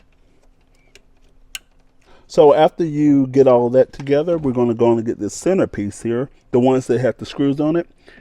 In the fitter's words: and again we're just going to push it in until it clicks.